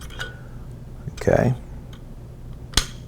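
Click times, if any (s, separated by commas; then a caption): 2.8 s. A metal gas regulator is rotated left to right back into the gas block of a rifle, and someone talks briefly. A short, sharp click at 2.8 seconds marks the regulator seating in place.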